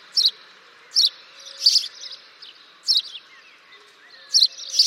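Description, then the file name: House sparrow chirping, short sharp chirps repeated at irregular intervals, with faint softer twitters between them. "Passer domesticus"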